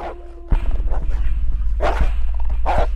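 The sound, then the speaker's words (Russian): A dog barks several times in an apartment building stairwell, in short, sharp bursts spaced irregularly, loud over a steady low rumbling hum, with no one speaking. “Потом лай.”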